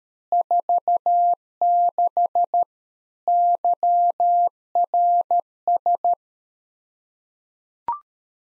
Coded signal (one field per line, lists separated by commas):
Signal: Morse code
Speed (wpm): 13 wpm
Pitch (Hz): 700 Hz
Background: none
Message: 46 YRS